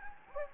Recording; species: mosquito wingbeat signal from an infrared sensor; Anopheles gambiae